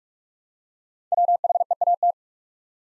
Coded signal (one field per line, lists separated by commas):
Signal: Morse code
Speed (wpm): 44 wpm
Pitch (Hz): 700 Hz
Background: none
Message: WHEAT